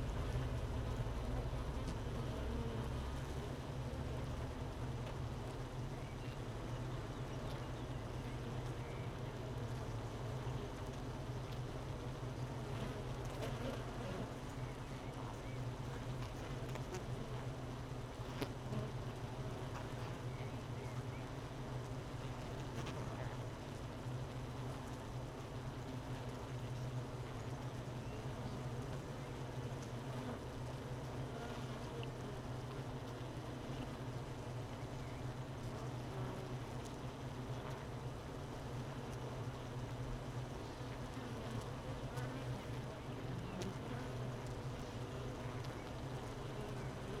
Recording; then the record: honeybee colony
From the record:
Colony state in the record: missing queen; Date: 31 May 2018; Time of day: 13:04